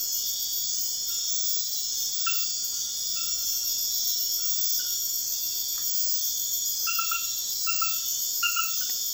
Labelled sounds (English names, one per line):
none